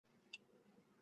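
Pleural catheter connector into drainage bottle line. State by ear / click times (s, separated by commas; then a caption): seated / 0.3 s. A PleurX indwelling pleural drainage catheter's connector is pushed onto the drainage bottle's line and seats with a single sharp click at 0.3 s. The click stands out over a low, steady background hum.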